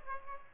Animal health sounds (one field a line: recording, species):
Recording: mosquito wingbeat signal from an infrared sensor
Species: Aedes aegypti